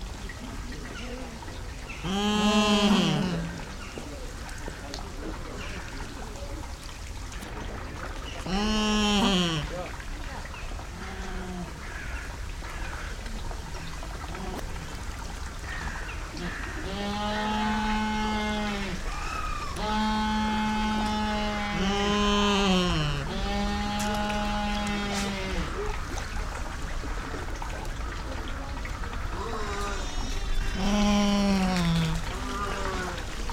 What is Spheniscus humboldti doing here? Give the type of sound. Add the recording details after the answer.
call. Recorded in captivity. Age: adult. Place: Zoo Berlin, Berlin, DE. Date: 1993-01-01 13:22. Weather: sonnig, -6°C. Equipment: Marantz CP 430, Sennheiser ME 80, Kopie Uher Variocord 263. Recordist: Tembrock, Günter